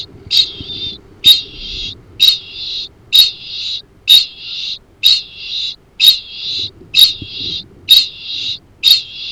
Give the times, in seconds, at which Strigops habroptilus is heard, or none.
0.00-9.31